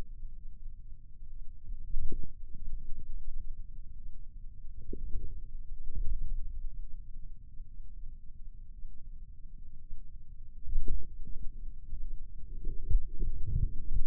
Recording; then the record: forearm muscle sounds (acoustic myography)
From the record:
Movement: wrist flexion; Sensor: system 2, bracelet of six BSWA MPA416 microphones around the upper forearm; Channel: 2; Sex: male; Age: 22 years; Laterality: right